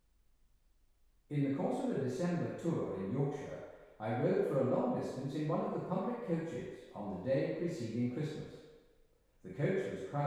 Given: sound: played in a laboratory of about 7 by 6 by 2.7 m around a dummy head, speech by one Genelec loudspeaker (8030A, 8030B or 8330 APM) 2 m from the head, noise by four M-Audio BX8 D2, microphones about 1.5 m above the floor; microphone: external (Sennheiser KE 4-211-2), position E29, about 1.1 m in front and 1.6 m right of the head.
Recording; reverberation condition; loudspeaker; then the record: male speech in English; high; 90 degrees to the right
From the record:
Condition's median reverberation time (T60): about 1300 ms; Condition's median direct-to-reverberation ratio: about -4.0 dB